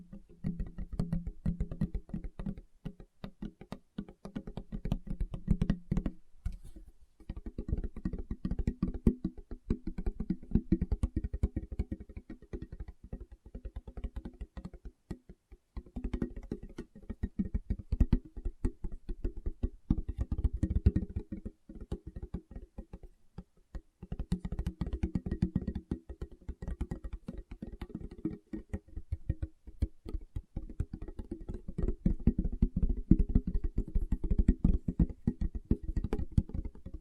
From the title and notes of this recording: ASMR Tapping with Fingertips (No Talking).